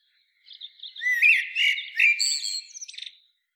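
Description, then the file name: Common blackbird sings a single phrase of rich fluty notes that run into squeaky high twittering and end with a harsh rattle. "Turdus merula"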